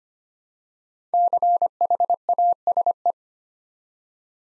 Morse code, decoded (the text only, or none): CHASE